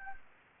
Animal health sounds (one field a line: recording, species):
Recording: mosquito wingbeat signal from an infrared sensor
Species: Anopheles gambiae